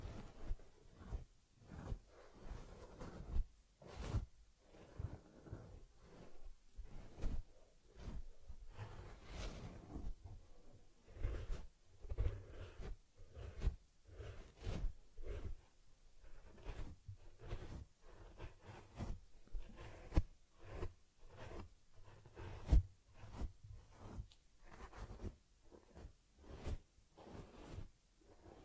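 A teddy bear is groomed with brushing, combing and rubbing against its fur. Short scratchy strokes come in quick, uneven bursts, roughly one or two per second, with soft rustling and occasional light knocks between them throughout.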